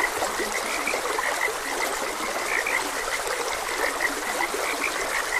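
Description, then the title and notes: Frogs give short croaks in rapid succession, forming a continuous chorus over the broad hiss of a trickling stream. Frogs croaking beside a gentle stream; calming nature soundscape. "Gentle Stream and Frogs Croaking. Sleep and Relaxation Podcast"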